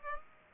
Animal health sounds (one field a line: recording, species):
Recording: mosquito wingbeat signal from an infrared sensor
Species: Aedes aegypti